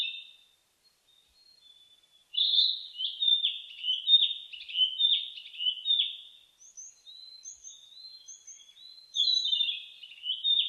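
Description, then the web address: Narcissus flycatcher song: after a quiet start, a run of rapid warbled and whistled phrases, some descending, then softer phrases and a louder final phrase, with faint high chips above. Recorded 15 May 2004. "2004 040515 kibitaki"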